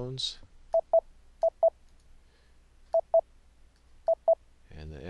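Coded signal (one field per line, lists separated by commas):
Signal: none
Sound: audio test tone bursts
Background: speech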